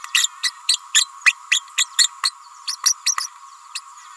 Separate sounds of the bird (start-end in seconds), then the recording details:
0.14-0.28, 0.43-0.51, 0.68-0.77, 0.94-1.08, 1.25-1.33, 1.51-1.62, 1.78-1.85, 1.98-2.08, 2.23-2.33, 2.67-2.76, 2.85-2.94, 3.05-3.15, 3.20-3.28, 3.75-3.80. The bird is a female. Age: 29 days. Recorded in a nest box in Venezuela. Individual 17B31A3